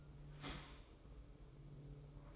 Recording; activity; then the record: daily activity, microphone in the room; start toaster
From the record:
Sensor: 1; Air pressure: 995.3 hPa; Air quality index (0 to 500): 25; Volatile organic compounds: 0 ppm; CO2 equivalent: 501 ppm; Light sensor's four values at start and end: 17/58/21/23 and 17/58/21/23